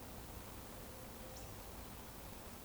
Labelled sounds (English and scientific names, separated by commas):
Eurasian Woodcock (Scolopax rusticola) whistle